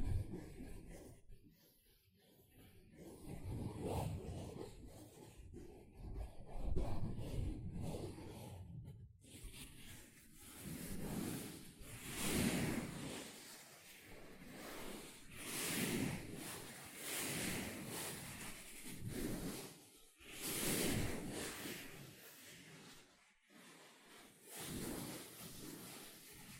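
Sponge sounds: soft squishing and scratching, dense and low in the first nine seconds, with a brief quiet dip near two seconds. After a short break around nine seconds, brighter rhythmic brushing strokes follow, repeating roughly every two seconds, with short pauses near twenty and twenty-three seconds.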